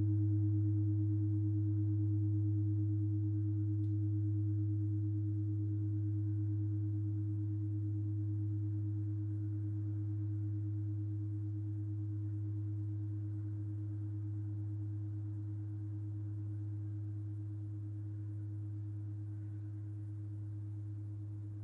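A Tibetan metal bowl rings with a sustained, steady low hum and a clear higher tone above it, slowly wavering as it fades over about twenty seconds. A faint tick sounds near four seconds; otherwise the ring simply decays without being struck again.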